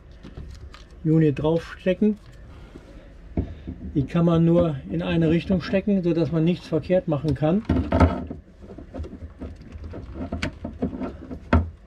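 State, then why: Seated. Someone talks as a replacement electronic control unit is pressed onto its mounting bracket on a Volvo Penta TAMD71 B marine diesel engine. Sharp clicks ring out at 10.4 s and 11.5 s as the side clips catch, and the unit snaps into place, seated.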